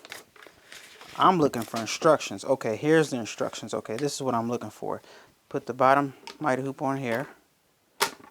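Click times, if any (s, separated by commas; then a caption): 8.0 s. Someone talks while the bottom frame of a plastic and metal Mighty Hoop magnetic embroidery hoop is pressed onto the base of a Hoop Master hooping station. A sharp click at 8.0 s marks the frame snapping into place, seated on the fixture.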